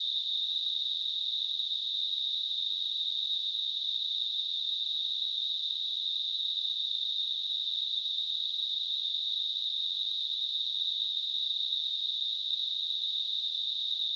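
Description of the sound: A simulated tinnitus sound: a steady, unbroken narrow band of high-pitched hissing noise centred near 4 kHz that holds the same level throughout.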